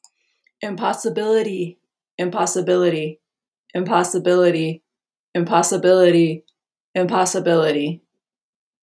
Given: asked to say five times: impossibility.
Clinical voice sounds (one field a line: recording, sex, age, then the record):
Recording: repeated word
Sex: female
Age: 30 to 39 years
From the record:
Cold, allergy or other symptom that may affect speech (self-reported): no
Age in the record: 38 years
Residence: Colorado, United States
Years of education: 18